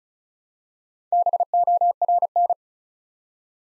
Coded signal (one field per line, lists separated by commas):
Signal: Morse code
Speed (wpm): 36 wpm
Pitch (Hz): 700 Hz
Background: none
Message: BORN